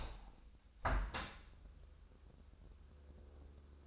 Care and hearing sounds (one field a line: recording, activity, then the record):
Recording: daily activity, microphone in the room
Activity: open window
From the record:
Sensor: 2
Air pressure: 1014.7 hPa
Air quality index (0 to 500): 71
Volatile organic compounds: 1 ppm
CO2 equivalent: 930 ppm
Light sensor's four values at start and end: 8/19/8/8 and 8/19/8/8